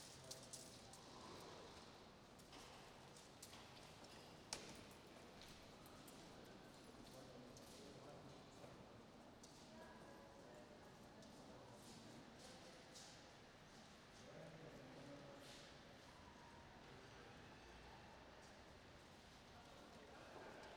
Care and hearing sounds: everyday scene through a hearing-aid microphone; reverberant space; background noise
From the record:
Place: railway station hall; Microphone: in the ear canal, right

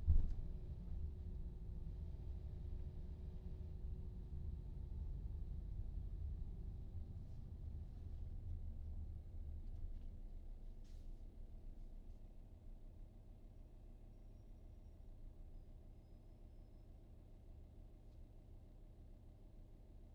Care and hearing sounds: everyday scene through a hearing-aid microphone; in a vehicle; engine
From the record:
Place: VW T5 Caravelle, diesel engine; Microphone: in the ear canal, right

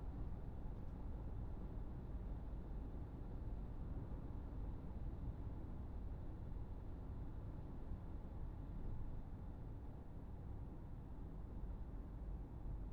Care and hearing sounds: everyday scene through a hearing-aid microphone; in a vehicle; engine, highway driving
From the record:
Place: Berlingo II, diesel engine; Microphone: behind the ear, right, front

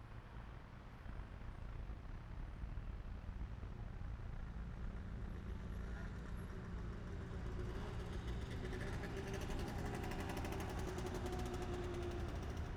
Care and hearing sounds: everyday scene through a hearing-aid microphone; in traffic; traffic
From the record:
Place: main city hub, rush hour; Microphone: behind the ear, right, front

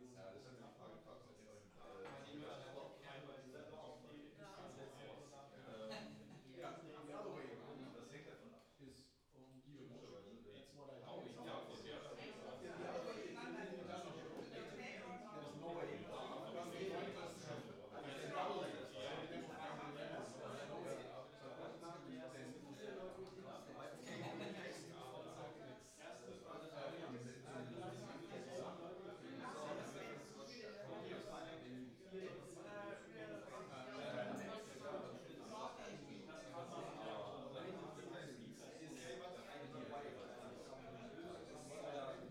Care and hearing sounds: everyday scene through a hearing-aid microphone; many people talking; many voices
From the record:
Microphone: in the ear canal, right

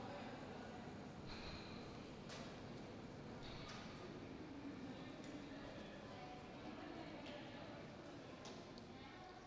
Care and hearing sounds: everyday scene through a hearing-aid microphone; reverberant space; background noise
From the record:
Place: railway station hall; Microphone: in the ear canal, right

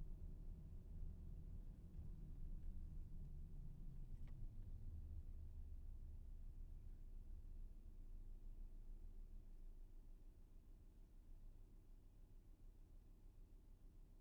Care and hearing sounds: everyday scene through a hearing-aid microphone; in a vehicle; engine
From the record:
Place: VW T5 Caravelle, diesel engine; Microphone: behind the ear, left, rear

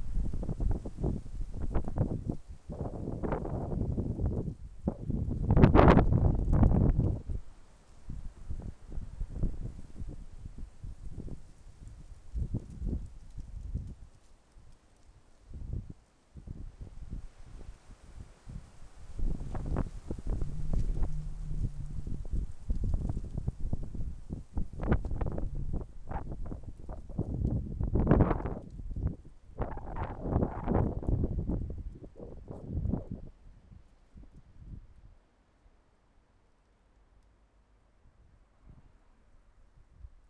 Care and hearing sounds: everyday scene through a hearing-aid microphone; wind on the microphone; wind, traffic, birds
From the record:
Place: suburban garden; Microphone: behind the ear, left, front

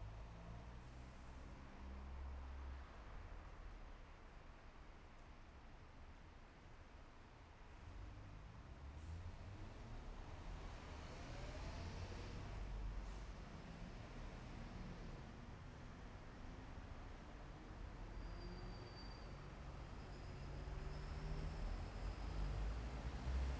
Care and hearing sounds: everyday scene through a hearing-aid microphone; in traffic; traffic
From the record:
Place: bus stop on a city main road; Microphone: behind the ear, left, front

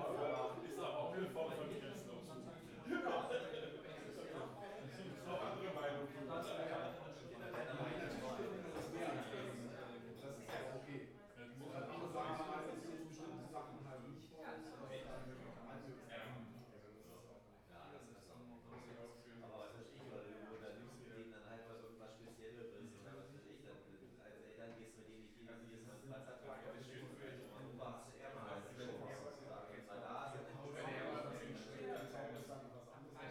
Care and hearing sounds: everyday scene through a hearing-aid microphone; many people talking; many voices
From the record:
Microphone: behind the ear, right, rear

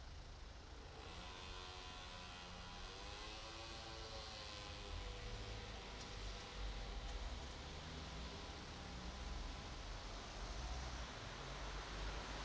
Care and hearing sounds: everyday scene through a hearing-aid microphone; in traffic; traffic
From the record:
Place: bus stop on a city main road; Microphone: in the ear canal, right

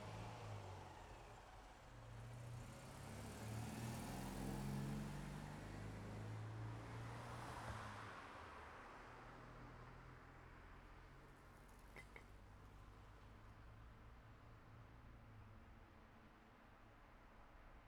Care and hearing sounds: everyday scene through a hearing-aid microphone; in traffic; traffic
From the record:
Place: city secondary road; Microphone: behind the ear, left, front

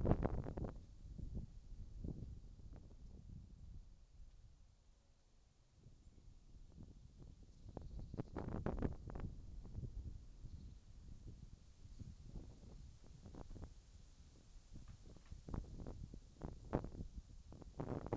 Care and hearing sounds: everyday scene through a hearing-aid microphone; wind on the microphone; wind, whistling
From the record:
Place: in front of a rural house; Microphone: in the ear canal, left

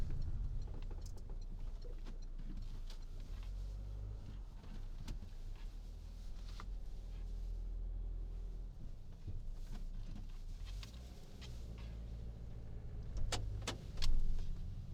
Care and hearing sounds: everyday scene through a hearing-aid microphone; in a vehicle; engine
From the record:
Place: Berlingo II, diesel engine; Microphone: in the ear canal, right

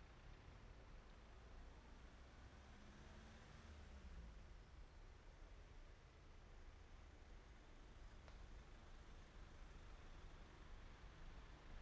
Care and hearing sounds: everyday scene through a hearing-aid microphone; in traffic; traffic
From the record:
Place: main road on the outskirts, rush hour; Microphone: behind the ear, right, rear

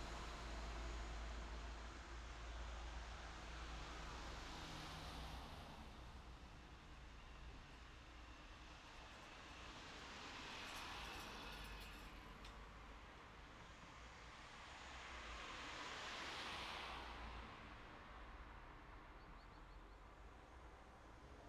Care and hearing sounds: everyday scene through a hearing-aid microphone; in traffic; traffic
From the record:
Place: city secondary road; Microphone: in the ear canal, left

